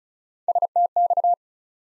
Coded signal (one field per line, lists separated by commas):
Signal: Morse code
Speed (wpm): 36 wpm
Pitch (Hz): 700 Hz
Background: none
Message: STX